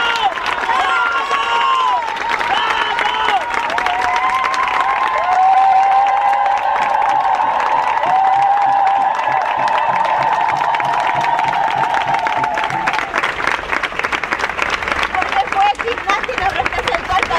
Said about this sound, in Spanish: Ahora pido un fuerte aplauso a Micaela. ¡Bravo!